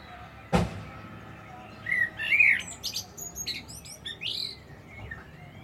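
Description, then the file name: Common blackbird song: a sharp knock opens, then a rich warbled phrase runs into a burst of high scratchy twitters and softer trailing notes. "Turdus merula"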